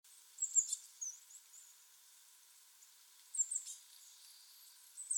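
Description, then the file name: Eurasian blue tit calls: a few short bursts of high, thin notes against a quiet background hiss. "Cyanistes caeruleus"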